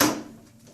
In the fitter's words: again just going to slide this second one right in clips